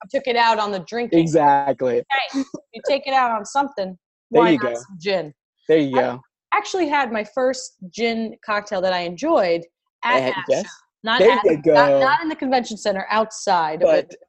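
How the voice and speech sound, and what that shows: Two adult women trade relaxed, fluent conversational speech with natural pitch movement, short back-and-forth replies and easy pauses. Articulation and voice quality sound ordinary, with no blocks, repetitions or hoarseness. This is typical speech.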